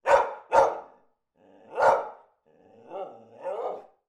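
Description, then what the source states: Labrador dog barking: two sharp barks in quick succession, a third after a pause, then two lower, rougher growling sounds at the end. Labrador breed; barking and growling.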